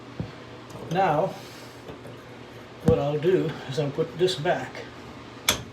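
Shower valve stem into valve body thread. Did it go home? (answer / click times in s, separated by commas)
yes / 5.5 s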